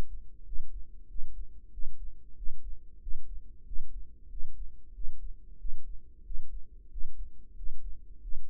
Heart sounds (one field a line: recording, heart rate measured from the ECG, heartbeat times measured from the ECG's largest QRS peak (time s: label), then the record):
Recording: heart sounds by microphone in the right ear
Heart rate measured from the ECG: 93 bpm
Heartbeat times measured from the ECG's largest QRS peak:
0.47 s: heartbeat
1.10 s: heartbeat
1.73 s: heartbeat
2.38 s: heartbeat
3.02 s: heartbeat
3.67 s: heartbeat
4.31 s: heartbeat
4.95 s: heartbeat
5.60 s: heartbeat
6.26 s: heartbeat
6.92 s: heartbeat
7.57 s: heartbeat
8.23 s: heartbeat
From the record:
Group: healthy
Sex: male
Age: 21 years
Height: 175 cm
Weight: 72.6 kg